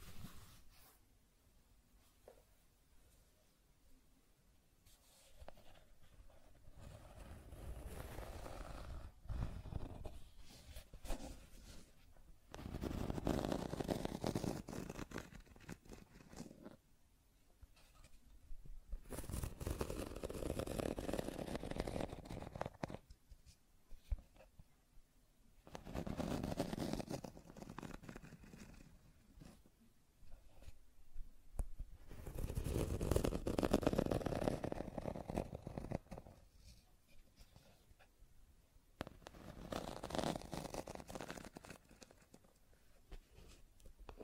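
Scratching and tracing sounds come in slow, rough strokes, each swelling and fading over a few seconds with short quiet gaps between. The strokes are grainy and fairly full, strongest around 13, 20, 33 and 41 seconds, with faint ticks and rustles in the pauses.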